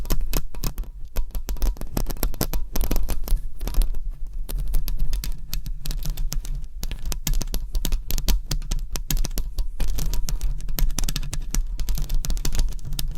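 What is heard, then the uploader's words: Dense scratching and tapping, with quick clicks and rubs packed together across the whole 13 seconds. The pace stays fast and uneven, with brief thinner stretches near four and seven seconds. A low, steady hum runs underneath throughout. ASMR Hypnotic Triggers Changing Every 60 Seconds Scratching , Tapping , Massage etc No Talking.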